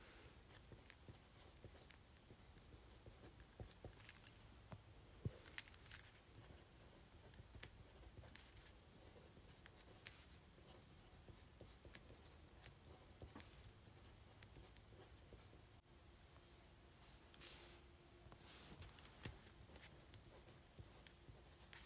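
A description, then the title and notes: A pen moves quickly across paper, making a dense, steady run of scratchy strokes and soft taps. Sharper clicks and brighter scrapes stand out near five and seventeen seconds, over a faint low hum throughout. ASMR Fast Writing on Paper.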